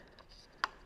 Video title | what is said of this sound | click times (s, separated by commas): I Bought an INSANE CROSSBOW for HUNTING in My BACKYARD!!! | white feather down shove it till it clicks | 0.6 s